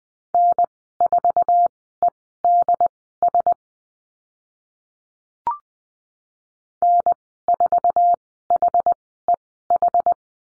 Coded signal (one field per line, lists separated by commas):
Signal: Morse code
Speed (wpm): 20 wpm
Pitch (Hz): 700 Hz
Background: none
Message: N4EDS N4HEH